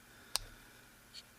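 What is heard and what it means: A 3.5-inch (closed length) slip joint pocketknife blade is opened past its soft, gliding half stop and snaps into its open position against the backspring with a sharp, bright click at 0.4 s. This is a much more positive snap than the half stop. A fainter high tick follows near 1.2 s, and the blade is confirmed seated open.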